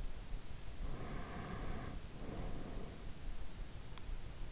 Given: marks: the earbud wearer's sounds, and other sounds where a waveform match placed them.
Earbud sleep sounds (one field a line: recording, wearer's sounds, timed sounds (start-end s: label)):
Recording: sounds in sleep by an in-ear microphone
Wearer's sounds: breath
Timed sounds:
0.72-3.33 s: breath